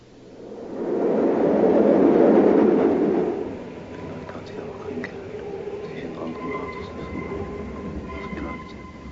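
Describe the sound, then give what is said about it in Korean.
A subway train rumbles loudly for the first few seconds, then settles into a steady lower hum with faint high tonal whines from the wheels and motors. “다미엘은 도서관에서 나와 지하철을 탑니다.”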